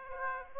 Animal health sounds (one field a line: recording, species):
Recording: mosquito wingbeat signal from an infrared sensor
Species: Aedes aegypti